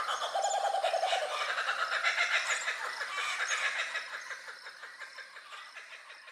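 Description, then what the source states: Laughing Kookaburra laughing call: a burst of loud cackling chuckles that slowly fades, the rapid repeated notes trailing off toward the end. Laughing kookaburra, a kingfisher, from Australia.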